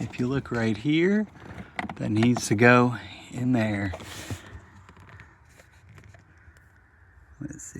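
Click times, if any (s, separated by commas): 7.5 s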